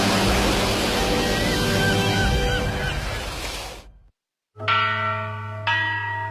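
A dense, noisy rush of sound cuts to a brief silence, then a bronze bell is struck twice, its bright layered tones ringing out and sustaining loudly between strikes.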